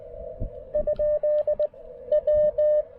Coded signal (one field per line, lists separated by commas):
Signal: Morse code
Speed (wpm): 19 wpm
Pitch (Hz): 590 Hz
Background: radio noise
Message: ? W